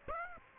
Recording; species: mosquito wingbeat signal from an infrared sensor; Aedes aegypti